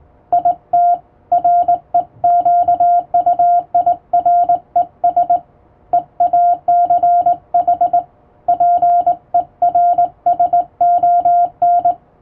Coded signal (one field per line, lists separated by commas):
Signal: Morse code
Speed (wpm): 20 wpm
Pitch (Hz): 700 Hz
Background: music, radio noise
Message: IT REQUIRES EACH PERSON